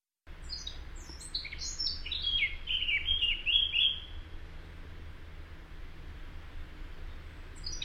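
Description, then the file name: Eurasian blackcap song, a rapid chattering warble of high scratchy notes that settles into clearer slurred phrases, then fades; another phrase begins at the end. "Sylvia atricapilla"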